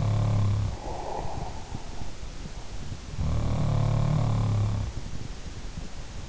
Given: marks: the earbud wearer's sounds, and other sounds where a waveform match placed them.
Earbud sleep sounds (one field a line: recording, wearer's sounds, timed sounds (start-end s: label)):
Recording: sounds in sleep by an in-ear microphone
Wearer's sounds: breath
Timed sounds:
0.00-0.98 s: sound from someone else or the room
0.50-2.87 s: breath
2.87-5.17 s: sound from someone else or the room